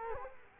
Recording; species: mosquito wingbeat signal from an infrared sensor; Culex quinquefasciatus